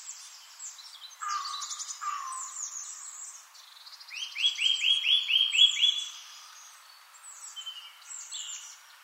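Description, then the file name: Eurasian nuthatch giving a quick series of clear rising piping notes, with other birds calling in the background. "Sitta europaea 110223"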